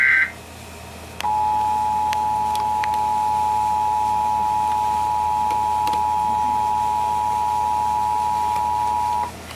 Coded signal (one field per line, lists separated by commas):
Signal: Emergency Alert System (SAME) tones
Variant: 853 and 960 Hz attention tone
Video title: EXCESSIVE PERIODIC HEAT WARNINGS...EAS Alerts from 8/11/21 (EAS #6,004 - 6,030)